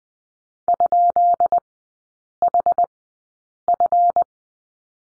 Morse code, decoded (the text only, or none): ?HF